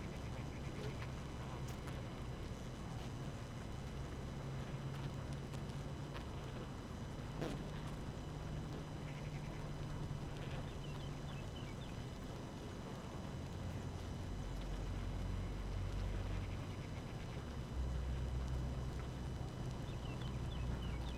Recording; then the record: honeybee colony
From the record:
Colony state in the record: active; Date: 12 June 2018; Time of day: 6:04